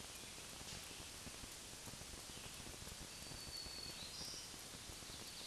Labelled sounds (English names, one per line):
Black-throated Green Warbler song